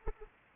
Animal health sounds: mosquito wingbeat signal from an infrared sensor; Anopheles arabiensis

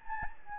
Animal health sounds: mosquito wingbeat signal from an infrared sensor; Anopheles gambiae

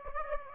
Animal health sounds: mosquito wingbeat signal from an infrared sensor; Aedes aegypti

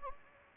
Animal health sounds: mosquito wingbeat signal from an infrared sensor; Anopheles gambiae

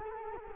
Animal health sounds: mosquito wingbeat signal from an infrared sensor; Culex quinquefasciatus

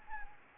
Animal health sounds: mosquito wingbeat signal from an infrared sensor; Anopheles gambiae

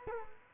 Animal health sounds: mosquito wingbeat signal from an infrared sensor; Culex quinquefasciatus

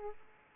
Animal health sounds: mosquito wingbeat signal from an infrared sensor; Aedes aegypti

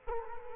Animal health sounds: mosquito wingbeat signal from an infrared sensor; Culex quinquefasciatus

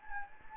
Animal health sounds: mosquito wingbeat signal from an infrared sensor; Anopheles gambiae

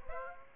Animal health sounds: mosquito wingbeat signal from an infrared sensor; Aedes aegypti

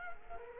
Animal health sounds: mosquito wingbeat signal from an infrared sensor; Culex quinquefasciatus

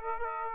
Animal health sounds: mosquito wingbeat signal from an infrared sensor; Aedes aegypti

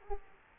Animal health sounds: mosquito wingbeat signal from an infrared sensor; Culex quinquefasciatus

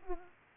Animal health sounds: mosquito wingbeat signal from an infrared sensor; Aedes aegypti

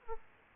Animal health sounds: mosquito wingbeat signal from an infrared sensor; Aedes aegypti

